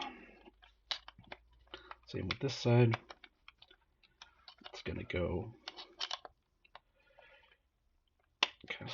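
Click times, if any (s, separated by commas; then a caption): 8.4 s. A plastic side clip is slid in and snapped onto a headset strap while someone talks. A sharp snap at 8.4 s marks the clip seating nice and snug, amid scattered small clicks and handling sounds.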